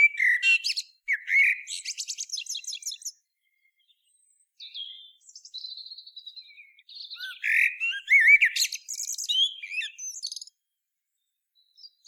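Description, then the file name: Common blackbird singing varied warbling phrases that break into thin, high, rapid twittering, with two quiet gaps between bursts. "Turdus merula"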